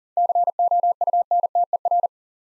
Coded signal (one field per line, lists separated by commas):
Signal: Morse code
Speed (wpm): 40 wpm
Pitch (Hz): 700 Hz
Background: none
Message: COUNTER